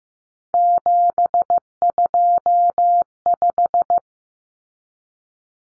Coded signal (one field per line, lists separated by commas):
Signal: Morse code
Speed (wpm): 15 wpm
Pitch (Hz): 700 Hz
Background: none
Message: 725